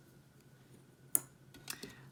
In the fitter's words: voyons s'ils se clipsent juste oh oui ils le font et ça se sent très solide